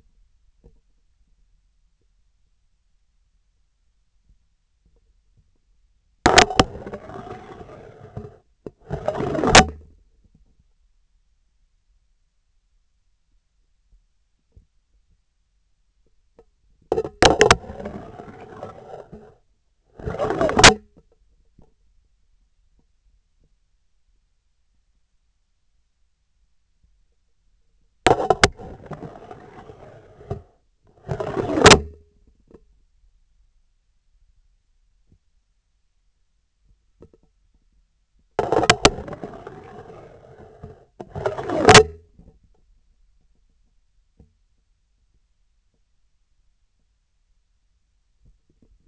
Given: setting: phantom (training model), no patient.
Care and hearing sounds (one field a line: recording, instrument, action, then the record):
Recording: laparoscopic instrument, vibration sensor on the handle end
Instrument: scissors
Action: insertion and removal through the trocar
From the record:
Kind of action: spatial motion